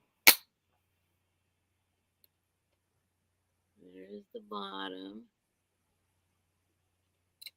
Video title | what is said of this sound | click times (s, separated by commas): Live Vintage Sale & Chat - April 16, 2022 @10pm edt (7pm pdt) | the whole thing it clicks back in there's | 0.3 s